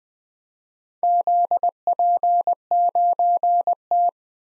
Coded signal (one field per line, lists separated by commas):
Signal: Morse code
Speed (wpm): 20 wpm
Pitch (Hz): 700 Hz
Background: none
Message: ZP9T